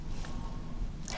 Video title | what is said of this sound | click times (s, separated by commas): Montaż instalacji LPG w pojeździe od A do Z. | witam czerwoną sukienkę cofamy do środka i tak samo aż kliknie | 1.1 s